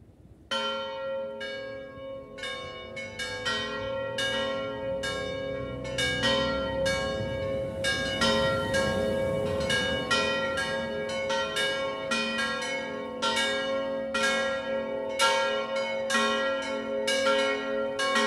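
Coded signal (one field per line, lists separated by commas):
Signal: bell signal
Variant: distesa ringing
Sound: several church bells swinging in continuous overlapping peals, rich ringing tones throughout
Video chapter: [0:15] Distesa discendente di II/III/IV campana come primo ed unico cenno per la messa prefestiva delle 19.00.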